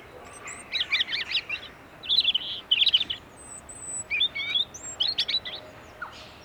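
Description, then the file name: European robin singing short, high, thin warbled phrases in quick bursts separated by brief pauses, with faint trills and steady background hiss. "Erithacus rubecula"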